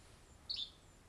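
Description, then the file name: Yellow-bellied flycatcher song: a single short, high note, standing alone against faint low background hiss. "YBFL SONG - Yellow-bellied Flycatcher - Empidonax flaviventris"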